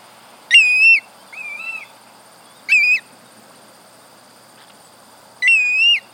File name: Black bellied Plover